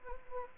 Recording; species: mosquito wingbeat signal from an infrared sensor; Anopheles gambiae